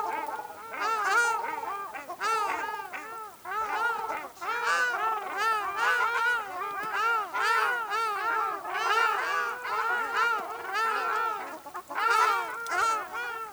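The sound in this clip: Ruddy shelducks in a loud, continuous chorus of nasal honks, many birds calling over one another in rapid, overlapping bursts throughout.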